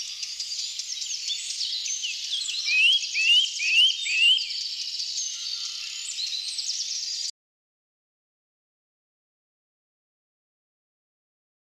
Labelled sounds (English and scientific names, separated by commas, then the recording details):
Eurasian Nuthatch (Sitta europaea) song
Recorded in the wild
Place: Waltershofen / Freiburg im Breisgau, Baden-Württemberg, DE
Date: 2009-04-10
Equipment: MiniDisc Sharp MT 20 H
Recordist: Schwarz, Dieter